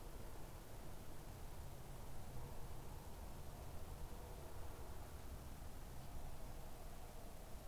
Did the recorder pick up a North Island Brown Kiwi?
no